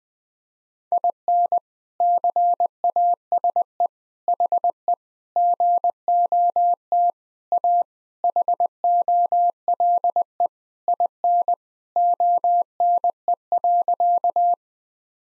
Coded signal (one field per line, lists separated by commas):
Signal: Morse code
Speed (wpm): 21 wpm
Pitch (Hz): 700 Hz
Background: none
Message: IN CASE HE GOT A HOLE IN ONE.